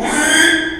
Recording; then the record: squeal of a Yucatan mini pig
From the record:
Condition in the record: after surgery on the right vocal fold (resection and tissue-engineered implant); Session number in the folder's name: 3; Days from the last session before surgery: 33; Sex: male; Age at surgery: 12 weeks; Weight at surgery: 13 kg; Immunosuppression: cyclosporine, prednisolone